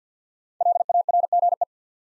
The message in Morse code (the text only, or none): LARGE